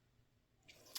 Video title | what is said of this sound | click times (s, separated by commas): S&W EQUALIZER TEAR DOWN, OIL POINTS AND CLEANING! | all the way down and it'll lock into place | 1.0 s